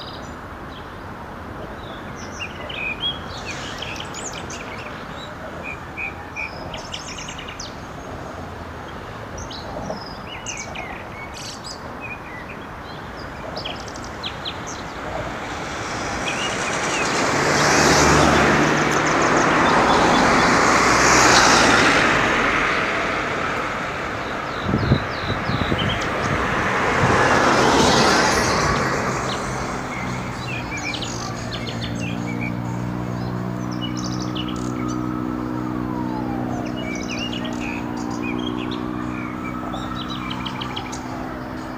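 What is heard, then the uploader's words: Evening city sounds in Bucharest: a steady low hum of traffic with birds chirping on and off throughout. Around the middle, two loud vehicles sweep past, and near the end a rising and falling engine or siren-like whine sounds over a rumbling motor. Bucharest evening sounds. A short recording made on an April evening. Bucharest, Romania.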